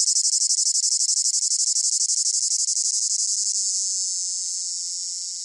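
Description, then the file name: Cicada chirping in rapid shrill pulses that blur into a smoother continuous whine and gradually fade. Close up; rhythmic chirping in long phrases with a piercing whine. "gain walkers CICADA Close Up Rhythmic Chirping Long Phrases Piercing Whine"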